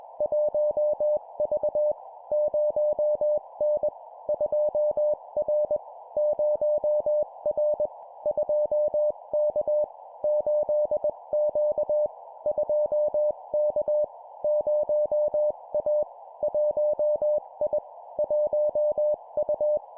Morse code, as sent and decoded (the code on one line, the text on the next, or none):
.---- ...- / ----- -. / ..--- .-. / ----- .-. / ..--- -.- / ---.. --.- / ..--- -.- / ----- .- / .---- .. / .---- ..-
1V 0N 2R 0R 2K 8Q 2K 0A 1I 1U